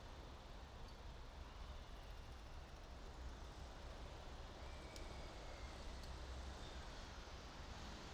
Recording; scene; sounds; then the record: everyday scene through a hearing-aid microphone; in traffic; traffic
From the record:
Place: main city hub, rush hour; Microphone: in the ear canal, right